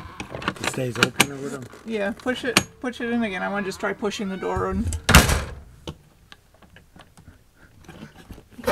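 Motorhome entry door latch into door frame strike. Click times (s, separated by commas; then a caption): 5.9 s. With a new keyless lock installed, a motorhome entry door is pushed shut again to test whether its latch catches in the door frame strike, after it earlier failed to click. Someone talks over soft handling noises, then a broad thump at about 5.2 s is followed by a sharp click at 5.9 s and a few lighter ticks. The latch catches and the door is confirmed shut.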